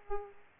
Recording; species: mosquito wingbeat signal from an infrared sensor; Aedes aegypti